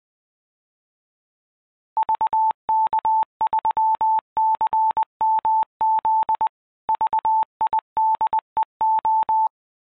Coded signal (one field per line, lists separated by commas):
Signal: Morse code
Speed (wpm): 20 wpm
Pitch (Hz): 880 Hz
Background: none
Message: VK3CMZ VIDEO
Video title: 2021 BAREC Military Radio and the SAS